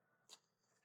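A metal wire spring retaining clip is hooked into the headlight housing of a Yamaha Fazer 600 motorcycle, forced a little so it holds the headlight bulb in place. A single sharp, bright snap is heard at 0.3 s against a quiet background. The clip snaps in and is seated, holding the bulb.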